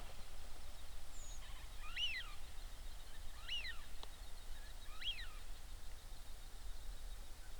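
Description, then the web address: Eurasian wigeon whistles, three rising-then-falling whistled notes about every one and a half seconds over a steady low rumble of background noise. "صدای-پرنده-گیلار-اوراسیایی"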